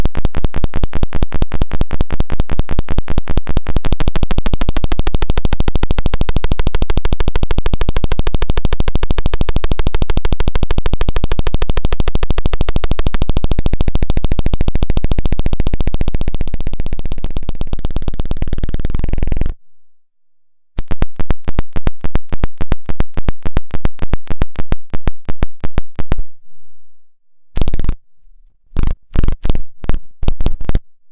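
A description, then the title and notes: A harsh electronic buzz made of rapid, evenly spaced pulses runs for the first nineteen seconds, with steady pitched tones layered in and a rising squall near the end of that stretch. It cuts off abruptly, then returns as choppy pulse bursts broken by short silences. Setup my trusty old EURORACK UB802 with cheap guitar cables from CRTL ROOM OUT L to 1, CRTL ROOM OUR R to 2 & FX SEND TO LINE IN 3/4 L & then spent hours on the floor recording squalls, buzzes and pulses to Audacity.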